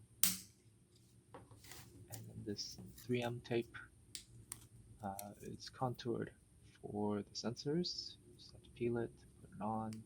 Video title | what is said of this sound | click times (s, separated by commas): Ring Alarm Wireless Security System (1st Gen) Unboxing and Setup | both of them the other one just snaps into place and then | 0.2 s